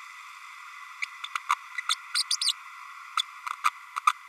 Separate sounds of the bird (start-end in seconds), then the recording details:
1.02-1.05, 1.78-1.80, 1.89-1.95, 2.14-2.23, 2.30-2.36, 2.41-2.52, 3.16-3.22, 3.64-3.69, 3.96-3.99, 4.07-4.12. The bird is a female. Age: 32 days. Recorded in a nest box in Venezuela. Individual 17B32A7